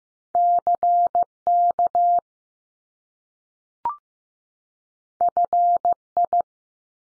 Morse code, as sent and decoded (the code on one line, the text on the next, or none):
-.-. / -.- / ..-. / ..
C K F I